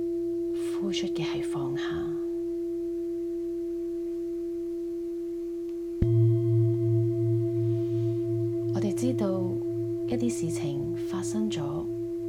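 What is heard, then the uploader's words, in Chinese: A singing bowl hums on one steady ringing tone throughout. Near six seconds it is struck again, adding a low, wavering throb and higher overtones that slowly fade. A voice speaks briefly at the start and again around nine to eleven seconds. 心輪頌缽音。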